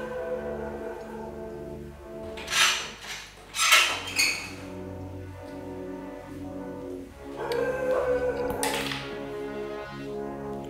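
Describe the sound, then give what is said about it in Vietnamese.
A door is opened with a couple of sharp thunking, rattling bursts, then a longer scraping movement, all over a steady humming musical tone with no talking. “Mở cánh cửa ra lại nhé.”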